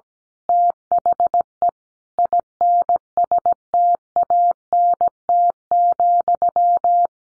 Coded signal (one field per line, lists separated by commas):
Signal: Morse code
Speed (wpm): 17 wpm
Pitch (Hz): 700 Hz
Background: none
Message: THE INSTANT,